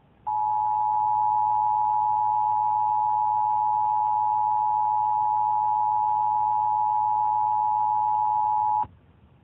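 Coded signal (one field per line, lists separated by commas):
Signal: Emergency Alert System (SAME) tones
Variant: 853 and 960 Hz attention tone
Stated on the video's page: National EAS test as heard on AM broadcast radio at 830 kHz.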